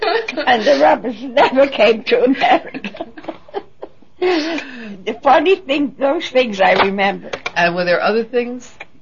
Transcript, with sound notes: and the rubbers never came to America. ( they laugh ) The funny thing, those things I remember.
And were there other things?